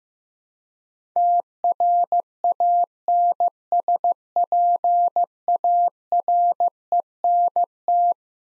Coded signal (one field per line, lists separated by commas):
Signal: Morse code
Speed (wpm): 15 wpm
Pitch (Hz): 700 Hz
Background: none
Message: TRANSPARENT